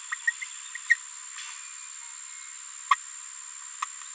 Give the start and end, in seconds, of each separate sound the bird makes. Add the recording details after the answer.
0.12-0.14, 0.90-0.94, 2.91-2.95, 3.82-3.84. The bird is a female. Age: 27 days. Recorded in a nest box in Venezuela. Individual 17B73B2